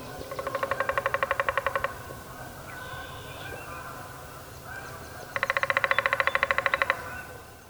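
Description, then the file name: Downy woodpecker drumming: two fast, even rolls of about a second and a half each with a ringing, resonant tone, separated by a quiet pause with faint background noise. "downy woodpecker drumming by jim berry"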